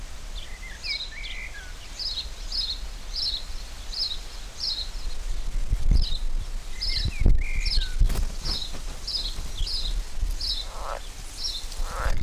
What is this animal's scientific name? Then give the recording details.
Pelophylax esculentus. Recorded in the wild. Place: Lübars, Benekendorffstraße, Berlin, DE. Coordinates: 52.6167, 13.3469. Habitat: Gartenteich. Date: 1998-06-13 11:49. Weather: heiter, 15°C. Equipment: Sony MD-WM MZ-R3, Sennheiser MKH 416 T, Kopie Uher 4000 Report Monitor. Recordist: Tembrock, Günter